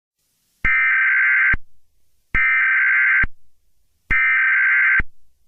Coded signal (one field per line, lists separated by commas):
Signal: Emergency Alert System (SAME) tones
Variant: header bursts